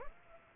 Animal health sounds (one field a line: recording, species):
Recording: mosquito wingbeat signal from an infrared sensor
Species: Aedes aegypti